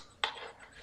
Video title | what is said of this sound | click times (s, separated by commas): Taking Apart a Buffalo LinkStation Live LS-CH1.0TL | snap, crackle, | 0.2 s